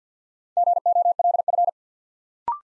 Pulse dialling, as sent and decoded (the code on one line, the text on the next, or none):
none